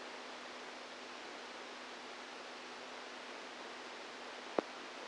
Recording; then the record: brain microelectrode recording played as sound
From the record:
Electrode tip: outside the subthalamic nucleus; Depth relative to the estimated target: 3 mm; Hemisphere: right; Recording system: NeuroSet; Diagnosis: Parkinson's disease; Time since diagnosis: 10 years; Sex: female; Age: 45 years